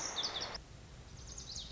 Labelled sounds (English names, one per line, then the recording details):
Lazuli Bunting
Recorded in Sonoma County, California